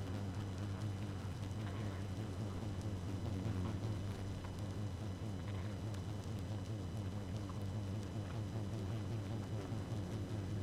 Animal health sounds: honeybee colony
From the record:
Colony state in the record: active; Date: 12 June 2018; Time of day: 0:49

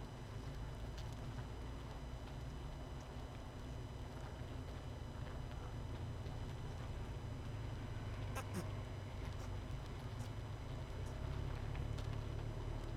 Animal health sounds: honeybee colony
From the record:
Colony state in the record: missing queen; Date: 31 May 2018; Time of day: 21:36

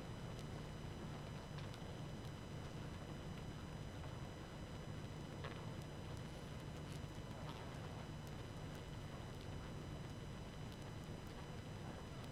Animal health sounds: honeybee colony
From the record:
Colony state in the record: active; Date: 12 June 2018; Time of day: 20:31

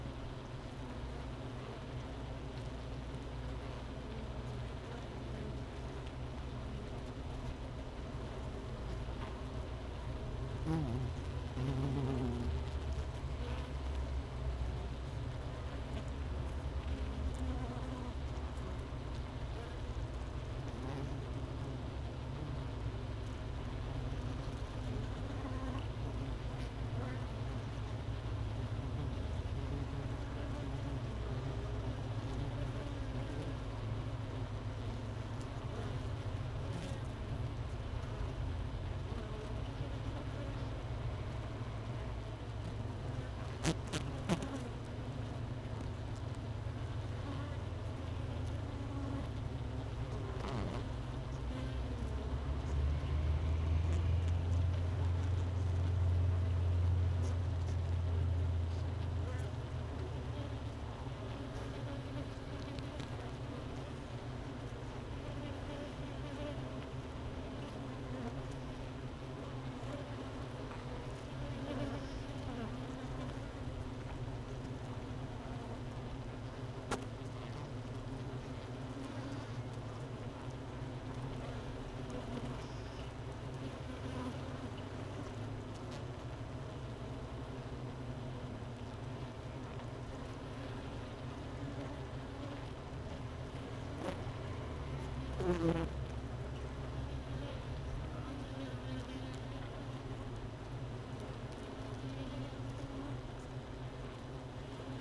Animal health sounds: honeybee colony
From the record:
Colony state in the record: missing queen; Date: 31 May 2018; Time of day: 13:30

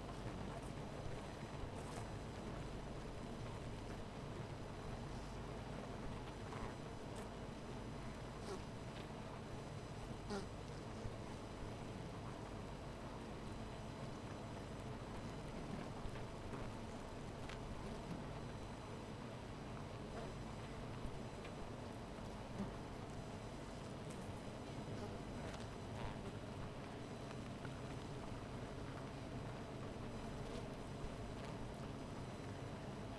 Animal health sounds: honeybee colony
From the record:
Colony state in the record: missing queen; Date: 14 July 2017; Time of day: 13:43

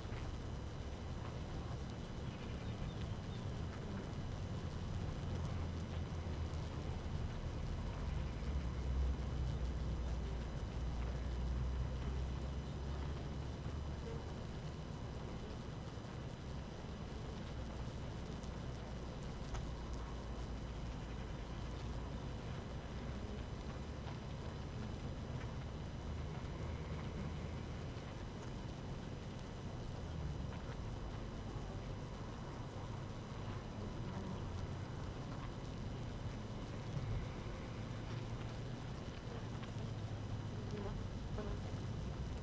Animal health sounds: honeybee colony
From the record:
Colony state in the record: active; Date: 12 June 2018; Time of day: 6:11

